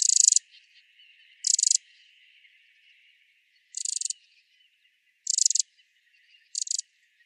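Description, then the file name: Eurasian wren giving five short, scratchy rattling bursts, spaced one to two seconds apart. "Troglodytes troglodytes"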